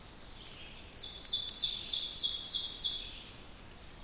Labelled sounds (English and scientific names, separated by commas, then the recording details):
Ovenbird (Seiurus aurocapilla) song
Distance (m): 30 m
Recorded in boreal forest in Alberta, Canada, on 5 June 2016 at 06:22
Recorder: SongMeter 3, array SBT-3-51
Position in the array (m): 214 m, 19 m
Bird 27